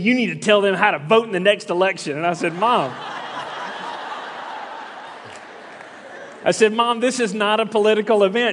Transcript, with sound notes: You need to tell them how to vote in the next election!” (laughter) I said, “Mom, this is not a political event.”